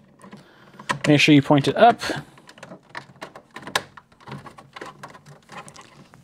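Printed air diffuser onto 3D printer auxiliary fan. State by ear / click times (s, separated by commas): seated / 3.8 s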